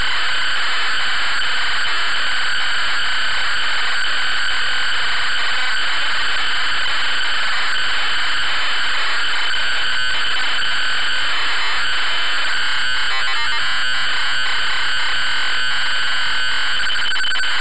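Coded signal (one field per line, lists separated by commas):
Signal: ZX Spectrum tape loading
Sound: harsh buzzing, screeching data noise, ending in choppy repeated tone bursts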